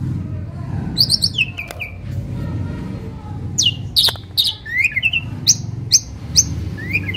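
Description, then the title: Asian pied starling song, lively mixed whistles, upslurred and downslurred notes and clicks over a constant low background hum. Tutor recording of 'jalak suren' song, used to get birds that sing too little or are sluggish to sing. "Masteran Jalak Suren Atasi Burung KURANG GACOR Dan LOYO"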